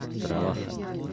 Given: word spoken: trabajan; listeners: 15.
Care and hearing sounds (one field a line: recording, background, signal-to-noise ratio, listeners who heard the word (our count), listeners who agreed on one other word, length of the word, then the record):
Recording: one Spanish word in noise, from a listening test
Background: eight-talker babble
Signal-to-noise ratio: -0.3 dB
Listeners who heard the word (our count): 0 of 15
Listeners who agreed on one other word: 10 of 15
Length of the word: 0.73 s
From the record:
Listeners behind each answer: 10, 2, 2, 1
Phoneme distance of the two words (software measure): 7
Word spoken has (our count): 3 syllables, 8 phonemes, stress on syllable 2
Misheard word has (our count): 3 syllables, 7 phonemes, stress on syllable 2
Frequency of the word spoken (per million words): 26.92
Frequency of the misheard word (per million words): 38.79